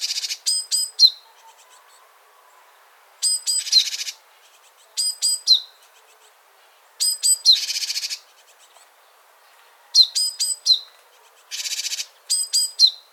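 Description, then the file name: Great tit calls: clusters of crisp high ticks ending in a downslurred note, some followed by a rasping churr, repeated several times. "Parus major"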